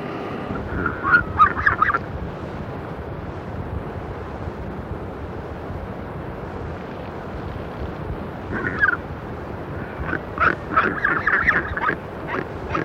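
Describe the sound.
Southern royal albatross giving hoarse, nasal honks in short clusters, one early and more from about nine seconds to the end, over constant roaring background noise.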